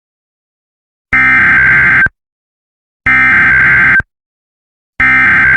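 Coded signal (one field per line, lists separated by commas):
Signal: Emergency Alert System (SAME) tones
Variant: header bursts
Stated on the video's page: Fictional ash-fall EAS scenario, a simulated alert inspired by another creator's scenario.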